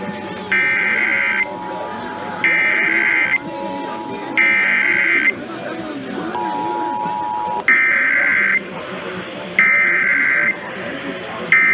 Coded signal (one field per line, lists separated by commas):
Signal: Emergency Alert System (SAME) tones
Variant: header bursts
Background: speech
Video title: Los Angeles Required Monthly Tests (EAS #5372-5427) 11/30/21